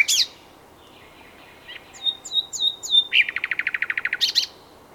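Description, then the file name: Common nightingale song: a sharp note, a thin drawn-out whistle, a few short slurred whistles, then a rapid rhythmic trill ending in a high flourish. "Luscinia megarhynchos"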